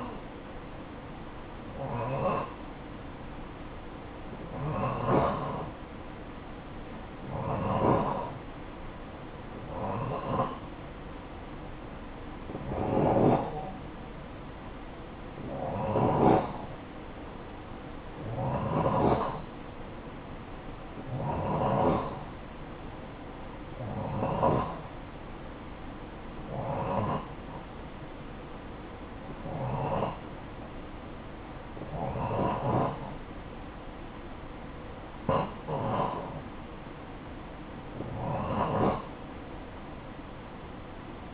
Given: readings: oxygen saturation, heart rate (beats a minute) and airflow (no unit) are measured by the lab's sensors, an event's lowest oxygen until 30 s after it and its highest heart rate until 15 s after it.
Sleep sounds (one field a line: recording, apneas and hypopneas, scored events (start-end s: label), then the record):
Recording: breathing in sleep by a voice recorder at the bedside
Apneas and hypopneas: none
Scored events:
none scored
From the record:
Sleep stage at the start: N2 (light sleep)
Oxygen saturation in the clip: 88 to 91%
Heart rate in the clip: 52 to 62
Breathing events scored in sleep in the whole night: 573 in 9.8 hours asleep